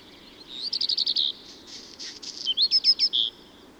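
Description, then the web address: Black redstart song: a quick run of high rattling notes, a scratchy crackling middle section, then a few falling notes ending on a short steady note. Recorded in Valsolda. "cibra valsolda. Codirosso spazzacamino"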